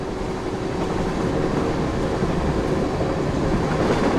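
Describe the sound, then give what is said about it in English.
A steady, heavy rumble of a train rolling along rails, dense low roar with a faint rattling texture, constant in loudness throughout with no voices. “You were on the train with the crew, the producers, the writer, and all of the grips and all that kind of stuff.”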